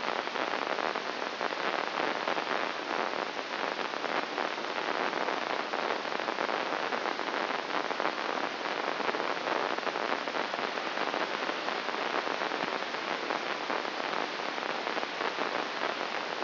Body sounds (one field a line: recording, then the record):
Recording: brain microelectrode recording played as sound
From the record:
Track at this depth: inside the subthalamic nucleus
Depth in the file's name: 5.201 mm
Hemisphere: right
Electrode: 2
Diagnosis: Parkinson's disease